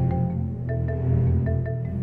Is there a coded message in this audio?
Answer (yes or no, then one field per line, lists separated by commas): no